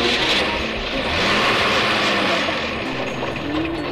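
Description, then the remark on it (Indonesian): A bus engine, just started before departure, runs with a steady, dense rumble, holding at an even loudness throughout without pauses, a broad mechanical drone with some higher hiss layered over it. “Mesin bis pun telah dihidupkan.”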